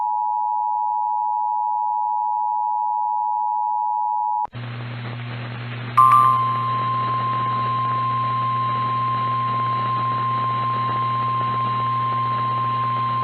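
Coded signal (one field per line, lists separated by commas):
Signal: Emergency Alert System (SAME) tones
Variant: 853 and 960 Hz attention tone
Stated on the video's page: Severe thunderstorm warning EAS tones from NOAA Weather Radio in Springfield, Missouri.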